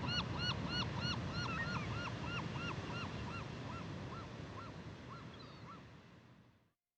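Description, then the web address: California gull giving a rapid series of harsh, arched calls, several per second, fading out toward the end over steady low background noise. Recorded in western North America. "Dan Gibson Wildlife Identification By Sound, Western North America. California Gull"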